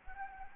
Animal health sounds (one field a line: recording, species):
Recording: mosquito wingbeat signal from an infrared sensor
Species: Anopheles gambiae